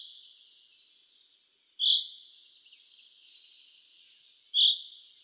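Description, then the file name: Common chaffinch giving two brief, sharp, high call notes about three seconds apart against a thin continuous high-pitched background hiss. "Fringilla coelebs"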